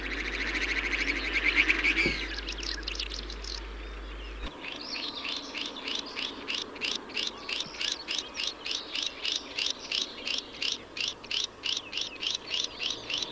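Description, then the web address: Great snipe display: a rapid, dense rattling twitter for about four seconds, then a long run of fast, clipped high notes repeated about three times per second. "Linnut Kahlaajat kurpat galmeg"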